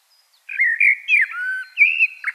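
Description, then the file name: Common blackbird singing a short stretch of warm, slurred whistled notes rising and falling, cut off mid-phrase. "Turdus merula"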